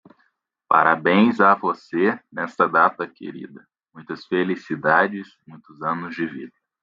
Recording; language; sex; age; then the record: short text; Brazilian Portuguese; male; 20 to 29 years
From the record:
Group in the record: control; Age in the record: 24 years